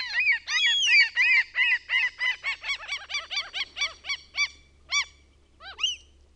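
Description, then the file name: Common gull calling in a quick run of short yelping notes, about three a second, gradually slowing toward the end. The recordist's own bird recording. "KALALOKKI"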